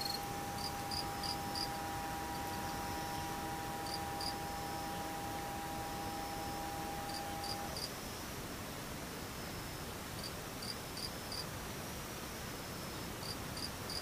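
Insects chirp in quick bursts of high, bright pulses, clustered in short groups that recur every couple of seconds throughout. A steady hiss fills the background, and a thin sustained tone with faint overtones holds for the first eight seconds, then stops.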